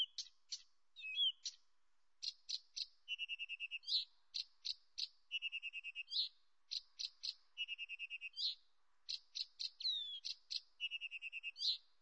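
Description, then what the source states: Blyth's reed warbler song, long and continuous: rapid runs of repeated chipping notes interspersed with slurred whistles and harsher buzzy notes, steady throughout. Nominate subspecies Acrocephalus dumetorum dumetorum.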